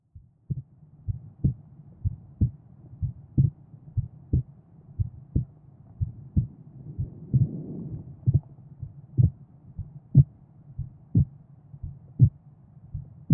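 An adult's heartbeat.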